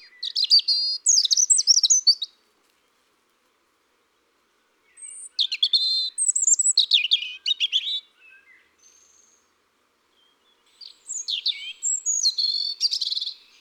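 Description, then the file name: European robin singing three separate bursts of bright, tumbling, high-pitched notes and trills, separated by a few seconds of quiet. "Rougegorge familier"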